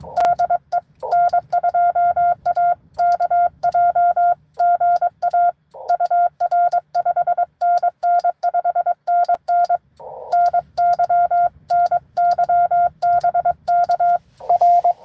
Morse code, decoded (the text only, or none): DE N2AKJ GA UR 5NN 5NN NY NY BK R